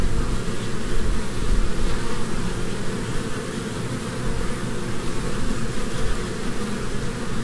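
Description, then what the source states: Honey bee swarm hum, a deep steady buzzing drone with small pulses of loudness. Humming of a swarm from a beehive.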